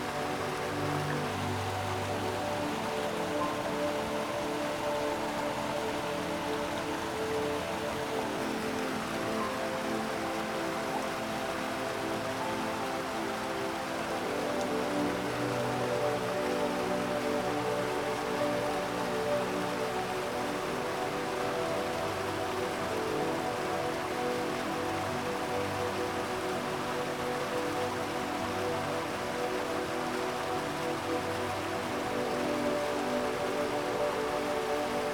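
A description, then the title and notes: A steady waterfall rushes without pause, a dense, even hiss of falling water at constant loudness throughout. Beneath it, soft sustained music tones hold and shift slowly, with low notes swelling around the middle and again near the end. Infinite Waterfall & Relaxing Music In A Dreamy Scenery. Imagine a crystalline waterfall cascading gracefully, its waters glistening like liquid diamonds.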